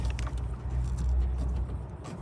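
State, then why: Not seated. A factory xenon headlight bulb is being twisted into its socket in the headlight housing of a 2009 Saab 9-3 Aero XWD while replacing it with an "LED looking" xenon bulb. Short handling rattles and a low vehicle hum are heard. Nothing has seated or clicked yet.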